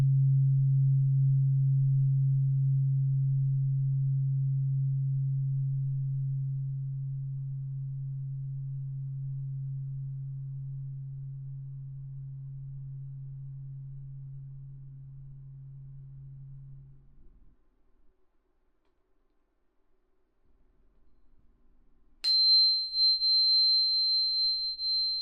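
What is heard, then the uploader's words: A tuning fork hums a low steady tone that slowly fades and stops near 17 seconds, then a high pure tone rings from about 22 seconds. ASMR×KU100. (OM136.1HZ&4096HZ) | Tuning Fork | NO Talking.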